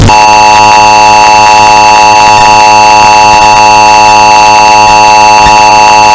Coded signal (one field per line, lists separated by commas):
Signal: Emergency Alert System (SAME) tones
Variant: 853 and 960 Hz attention tone